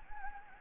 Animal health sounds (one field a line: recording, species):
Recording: mosquito wingbeat signal from an infrared sensor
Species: Anopheles gambiae